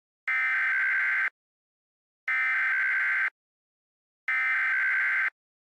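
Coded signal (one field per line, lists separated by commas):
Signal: Emergency Alert System (SAME) tones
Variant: header bursts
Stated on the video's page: Fictional Illinois weather disaster scenario, not a real alert.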